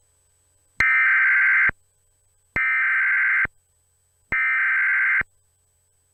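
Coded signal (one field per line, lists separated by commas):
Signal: Emergency Alert System (SAME) tones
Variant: header bursts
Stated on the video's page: EAS broadcast recorded from a cable box during the 2014 eclipse; text differed from the audio and it cut off early.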